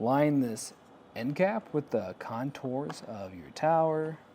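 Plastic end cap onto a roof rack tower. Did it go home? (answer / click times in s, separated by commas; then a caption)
no / none. A plastic end cap is being lined up with the contours of a Thule WingBar Edge roof rack tower on a 2024 Jeep Compass with flush rails, ready to be pressed on. Someone talks throughout, and no click or other sudden sound is heard. The end cap has not seated or clicked yet.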